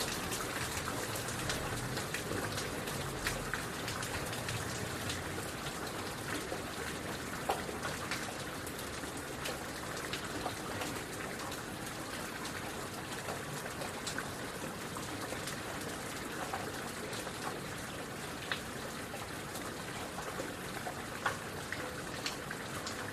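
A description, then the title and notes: Rain falls steadily and densely, a continuous even hiss spread from low rumble up to a bright top. Scattered sharper drops tap out of the wash at irregular moments, with a faint trickle beneath and no change in intensity throughout. Serene Rain Sounds.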